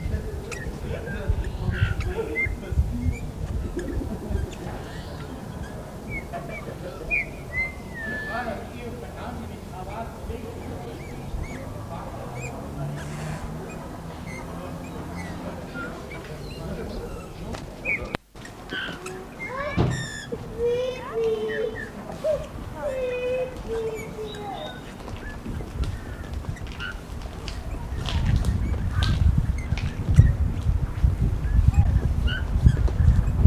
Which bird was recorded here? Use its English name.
Eurasian Bullfinch